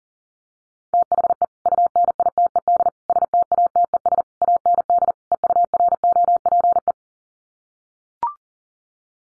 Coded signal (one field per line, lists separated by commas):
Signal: Morse code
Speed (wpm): 40 wpm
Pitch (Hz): 700 Hz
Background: none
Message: THE UNITED STATES AND EUROPE